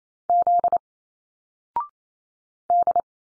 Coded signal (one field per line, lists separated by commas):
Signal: Morse code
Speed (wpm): 28 wpm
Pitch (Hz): 700 Hz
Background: none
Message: Z D